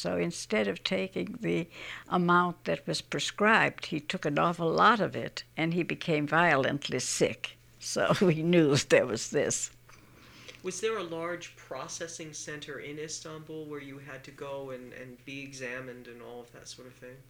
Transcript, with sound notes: So instead of taking the amount that was prescribed, he took an awful of it and he became violently sick. So (she laughs) we knew there was this.
Was there a large processing center in Istanbul where you had to go and be examined and all that sort of thing?